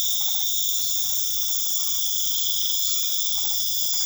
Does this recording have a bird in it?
no